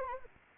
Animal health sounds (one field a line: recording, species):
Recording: mosquito wingbeat signal from an infrared sensor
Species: Anopheles arabiensis